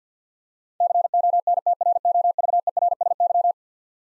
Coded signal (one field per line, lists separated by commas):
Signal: Morse code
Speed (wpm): 50 wpm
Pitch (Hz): 700 Hz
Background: none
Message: CONTROVERSY